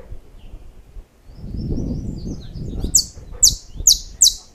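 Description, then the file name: Saffron finch chirps: after a quiet start with faint twittering and low noise, several sharp, high, descending notes arrive in quick succession. "Canto-do-Canário-da-Terra"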